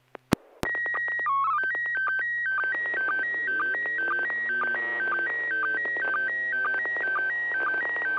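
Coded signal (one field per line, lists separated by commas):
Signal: SSTV (slow-scan television)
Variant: PD 120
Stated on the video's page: Morse during an amateur SSTV net on an FM repeater at 441.300 MHz.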